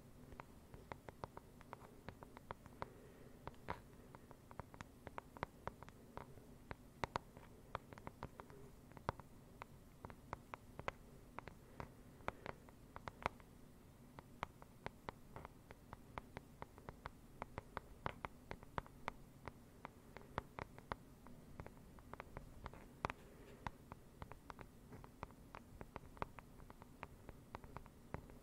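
Slow, rain-like tapping runs steadily through the whole recording, with sharp light clicks landing irregularly, sometimes clustered, sometimes spaced apart. Beneath the taps sits a constant low rumbling hum that never lets up.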